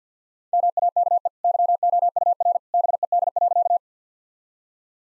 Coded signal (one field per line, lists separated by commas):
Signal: Morse code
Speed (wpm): 50 wpm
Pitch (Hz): 700 Hz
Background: none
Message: MAKE YOUR BED.